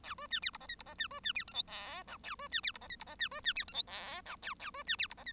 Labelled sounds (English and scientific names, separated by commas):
Bengalese Finch (Lonchura striata domestica) song